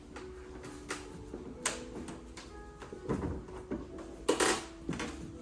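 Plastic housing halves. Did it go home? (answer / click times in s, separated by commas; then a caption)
no / none. The two halves of a plastic two-piece housing are aligned on their guides, starting at 12 o'clock, and gently pushed together. Soft handling knocks and rubs are heard over a low background, with the strongest bumps near 1.7 s and 4.3 s. Nothing has seated or clicked yet.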